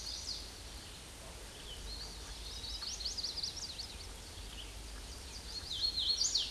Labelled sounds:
Hooded Warbler song
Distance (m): 20 m
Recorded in a Pennsylvania forest on 18 May 2023 at 09:31
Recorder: AudioMoth, point grid1_12_low
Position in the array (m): 156 m, 111 m

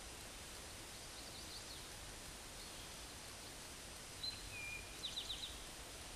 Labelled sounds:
Eastern Towhee song
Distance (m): 95 m
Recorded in a Pennsylvania forest on 17 May 2023 at 13:15
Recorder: AudioMoth, point grid1_34_low
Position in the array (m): 120 m, 84 m

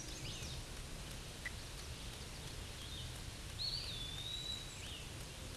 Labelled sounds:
Eastern Wood-Pewee song
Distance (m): 10 m
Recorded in a Pennsylvania forest on 18 May 2023 at 07:42
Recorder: AudioMoth, point grid1_14_low
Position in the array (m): 81 m, 155 m

